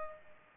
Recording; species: mosquito wingbeat signal from an infrared sensor; Culex pipiens